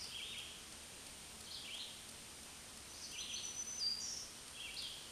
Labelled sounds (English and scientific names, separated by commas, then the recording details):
Black-throated Green Warbler (Setophaga virens) song
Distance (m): 35 m
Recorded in a Pennsylvania forest on 1 June 2023 at 06:10
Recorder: AudioMoth, point grid3_11_high
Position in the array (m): 234 m, 120 m